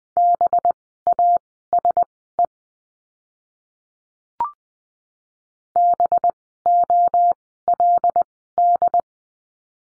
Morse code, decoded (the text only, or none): BASE BOLD